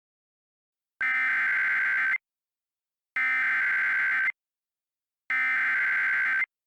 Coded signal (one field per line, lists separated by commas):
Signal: Emergency Alert System (SAME) tones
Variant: header bursts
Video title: Parasitic: An EAS Scenario